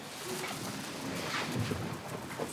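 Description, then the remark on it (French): Faint clip-clop of horse hooves, soft uneven taps over a steady hiss of background noise, with no voices, as a messenger arrives on horseback from the capital. “En attendant, votre excellence ne voudrait-elle pas entendre le messager qui arrive à cheval de la capitale?”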